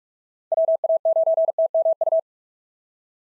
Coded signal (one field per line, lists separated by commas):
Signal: Morse code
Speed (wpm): 44 wpm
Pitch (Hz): 650 Hz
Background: none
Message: WA9TMU